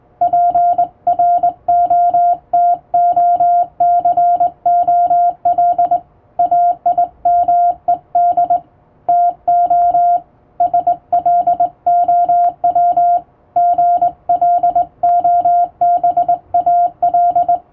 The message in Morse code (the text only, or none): PROTOCOL AIMED TO SLOW GLOBAL